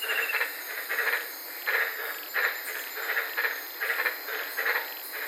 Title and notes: sitting in my car in the Daintree rainforest in Queensland this night. these amazing White lipped frogs